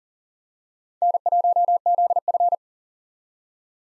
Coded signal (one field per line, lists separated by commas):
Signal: Morse code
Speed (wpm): 40 wpm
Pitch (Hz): 700 Hz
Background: none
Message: N1ZF